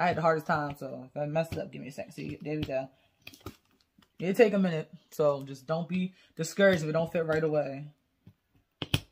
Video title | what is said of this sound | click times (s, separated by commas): HiSmith Portable Sex Machine Review | There we go. You heard that snap noise? | 8.8 s, 8.9 s